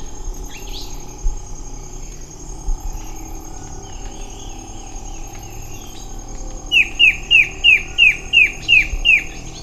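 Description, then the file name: Bird giving a quick string of eight sharp falling chirps near the end, after a quieter stretch of scattered faint calls and a steady high hiss. "SABIOD 50 bird 2015"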